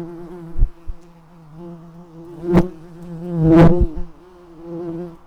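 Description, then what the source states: Red-tailed bumblebee buzzing: a steady low hum with stacked harmonics, wavering in pitch, with several louder passes and brief knocks or bumps. Workers.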